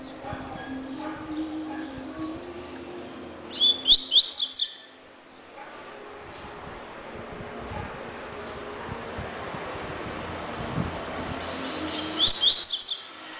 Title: Canto Coleiro